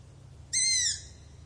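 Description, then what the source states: Owl giving one brief raspy screech, high and slightly falling at its end, with a faint low hum underneath. Owl screaming.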